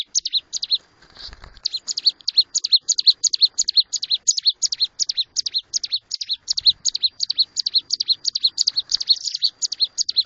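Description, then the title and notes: Bar-winged prinia delivering rapid, high, repeated down-slurred chips in pairs, with brief low rumbles early on and midway. Collection of vigorously singing ('gacor') ciblek, including young birds. "Kicau Ciblek. putri sherin. kumpulan suara burung ciblek gacor dan anakan"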